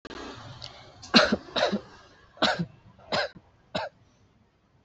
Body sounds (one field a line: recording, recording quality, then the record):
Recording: shallow voluntary cough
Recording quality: excellent, no background noise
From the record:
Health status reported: exposed to COVID-19, no respiratory illness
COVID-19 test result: negative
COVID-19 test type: RT-PCR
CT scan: not taken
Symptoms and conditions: cough, cold, sore throat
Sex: female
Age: 25 years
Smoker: no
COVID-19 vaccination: both doses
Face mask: not worn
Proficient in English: yes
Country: India